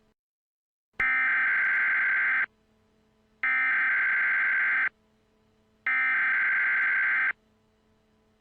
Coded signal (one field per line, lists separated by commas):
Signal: Emergency Alert System (SAME) tones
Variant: header bursts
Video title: Emergency Alert System Mock: Murderous Clowns